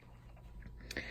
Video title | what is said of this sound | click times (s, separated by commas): Breville Juice Fountain Cold Review & Demo | That snaps into place. | 0.9 s, 1.0 s